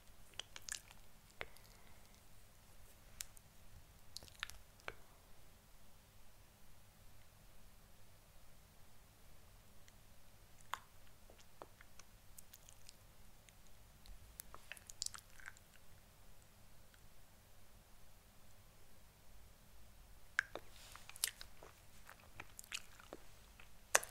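Quiet mouth sounds and soft tapping, with scattered sharp clicks and wet smacks, busiest near the start and around twenty seconds.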